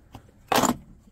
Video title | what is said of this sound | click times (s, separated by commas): Installing a Mangoal OEM Style Dash Camera on a Skoda Octavia 2 Facelift | you can hear it popping | 0.1 s, 0.6 s